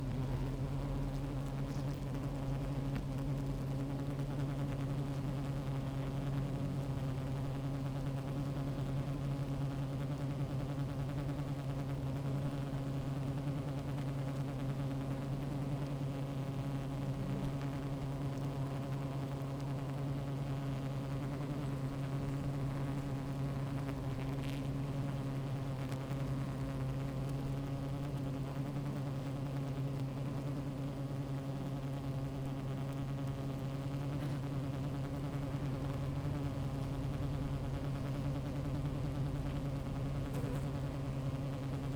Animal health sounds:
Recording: honeybee colony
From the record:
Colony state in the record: active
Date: 28 July 2017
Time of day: 15:10

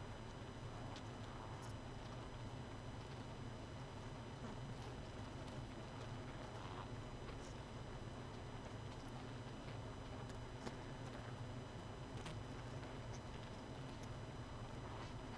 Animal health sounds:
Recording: honeybee colony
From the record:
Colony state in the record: missing queen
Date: 31 May 2018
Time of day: 23:27

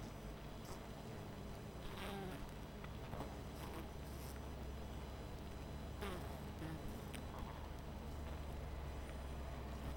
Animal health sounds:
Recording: honeybee colony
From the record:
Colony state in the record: missing queen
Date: 14 July 2017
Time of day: 20:02

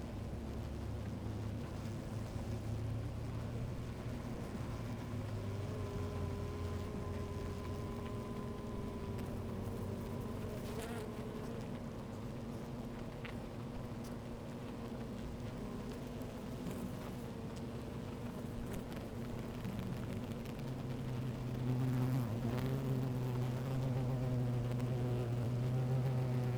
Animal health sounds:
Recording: honeybee colony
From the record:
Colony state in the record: active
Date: 28 July 2017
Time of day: 12:50

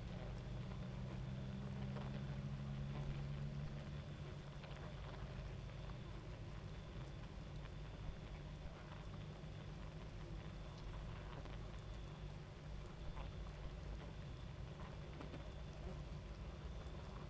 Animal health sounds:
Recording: honeybee colony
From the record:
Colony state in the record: active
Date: 28 July 2017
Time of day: 23:54

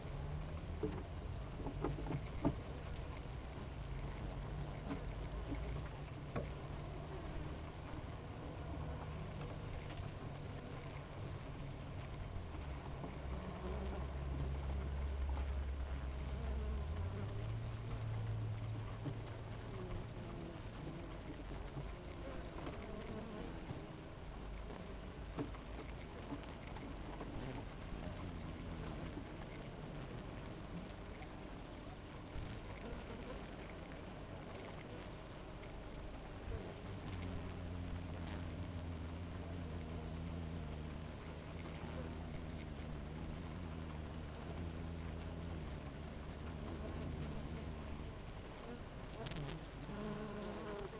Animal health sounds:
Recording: honeybee colony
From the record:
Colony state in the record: active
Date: 28 July 2017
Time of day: 7:43

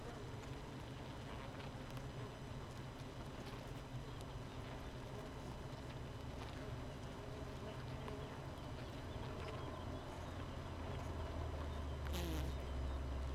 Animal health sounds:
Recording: honeybee colony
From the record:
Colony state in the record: missing queen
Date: 31 May 2018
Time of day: 5:10

